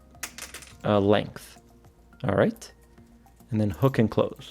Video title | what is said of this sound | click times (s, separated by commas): SEIKO PRESAGE SRPE47 LIMITED EDITION FULL REVIEW- SARY169 Cocktail Time Dress Watch | and then when you have your size you close it and locks into place that's your new closed | 0.2 s